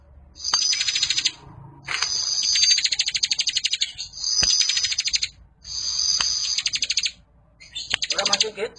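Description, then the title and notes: Bar-winged prinia song: bursts of rapid, buzzy, high ticking trills about one to two seconds long, repeated after short pauses, with a steady thin whistle-like tone and occasional sharp clicks. Several birds including young ones, singing persistently (described as 'gacor'). "Kicau Ciblek. putri sherin. suara burung ciblek gacor dan anakan"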